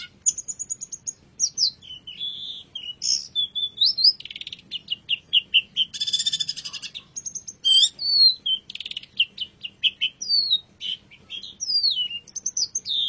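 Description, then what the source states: Long-tailed shrike song: a fast, varied run of high chirps, slurred whistles and rasping bursts, delivered almost without pause, with a faint low hum beneath. Indonesian masteran (tutor) song of the long-tailed shrike.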